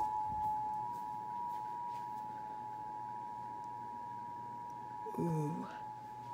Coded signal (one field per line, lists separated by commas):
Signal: Emergency Alert System (SAME) tones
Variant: 853 and 960 Hz attention tone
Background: speech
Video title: Me attempting to do things but an EAS goes of about flash flooding